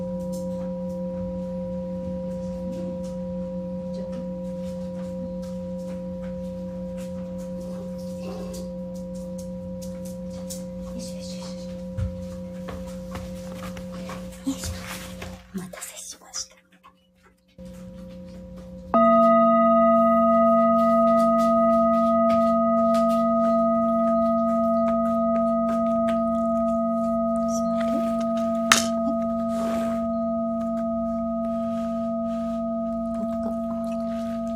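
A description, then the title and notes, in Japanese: Singing bowls hum with steady, pure ringing tones: a low bowl sustains through the first fifteen seconds, then the sound drops to near silence around sixteen seconds. At nineteen seconds a louder, brighter bowl is struck and rings on evenly, with a faint tap near twenty-nine seconds. メキシコから シンギングボウルのサウンドヒーリング ライブ。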